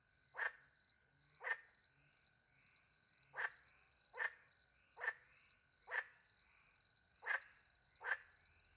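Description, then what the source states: Frog croaking in short abrupt notes, several spaced irregularly, while crickets keep up a constant high-pitched trill. Frogs with crickets at night in countryside beside a little pond in France; microphones hidden in a tree, two Usi Pro microphones into a MixPre-10 II recorder.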